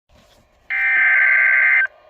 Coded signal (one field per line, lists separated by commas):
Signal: Emergency Alert System (SAME) tones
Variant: header bursts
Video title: EAS Alerts as of 5/3/22 (EAS #110-114)